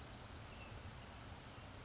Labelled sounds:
Western Flycatcher (Empidonax difficilis)
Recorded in Sonoma County, California

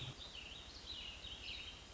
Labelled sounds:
Warbling Vireo (Vireo gilvus)
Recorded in Sonoma County, California

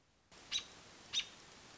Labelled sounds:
American Robin (Turdus migratorius)
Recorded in Sonoma County, California

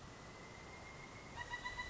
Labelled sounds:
Pileated Woodpecker (Dryocopus pileatus)
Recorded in Sonoma County, California

